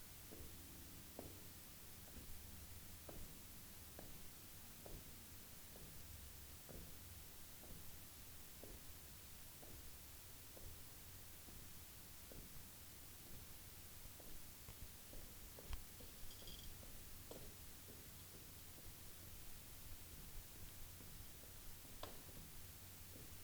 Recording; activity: daily activity, guitar pickup as the sensor; jump